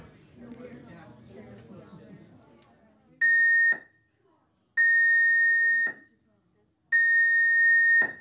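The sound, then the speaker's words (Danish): A ship's general emergency alarm, announced from the bridge and sounded for guest safety assembly purposes only, follows a few seconds of talk: three loud, steady high-pitched electronic tones, the first short and the next two longer, separated by brief silences. “The general emergency alarm is about to be sounded for guest safety assembly purposes only.”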